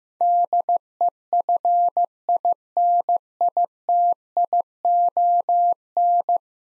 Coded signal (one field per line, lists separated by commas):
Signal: Morse code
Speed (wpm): 16 wpm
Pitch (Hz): 700 Hz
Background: none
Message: DEFINITION